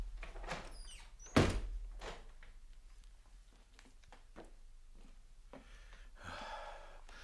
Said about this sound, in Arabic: اذهب ولا تضيع الوقت يا مهاب، وأغلق وراك الباب.